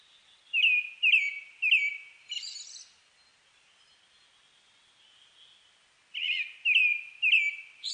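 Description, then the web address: Brown-headed thrush song: three clear, rich, downslurred notes, then a high buzzy trill, a few seconds' pause, then the same phrase repeated. Recorded on 29 May 2004. "2004 040529 akahara"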